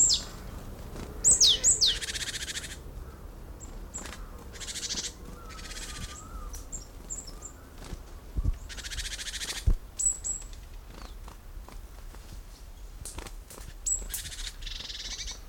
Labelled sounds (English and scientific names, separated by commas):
Great Tit (Parus major)